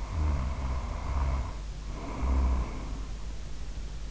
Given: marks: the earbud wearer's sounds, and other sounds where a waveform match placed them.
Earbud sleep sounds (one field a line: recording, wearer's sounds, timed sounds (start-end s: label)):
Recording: sounds in sleep by an in-ear microphone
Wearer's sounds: snoring breath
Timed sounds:
0.02-3.41 s: snoring breath